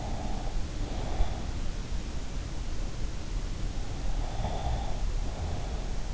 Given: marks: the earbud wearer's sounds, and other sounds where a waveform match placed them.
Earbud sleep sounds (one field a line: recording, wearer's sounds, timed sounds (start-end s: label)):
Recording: sounds in sleep by an in-ear microphone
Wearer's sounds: breath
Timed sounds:
0.00-1.42 s: breath
4.28-5.68 s: breath